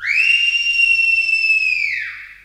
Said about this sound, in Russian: Одну минутку, прислушайтесь. Мне хочется, чтобы и вы вместе со мной услышали пение птиц. Слышите?